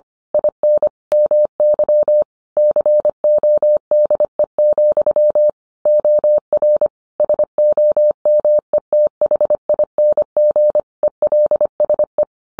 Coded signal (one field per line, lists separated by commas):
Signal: Morse code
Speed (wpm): 25 wpm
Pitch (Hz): 600 Hz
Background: none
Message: IN MY CODE, OR SOMETHING ELSE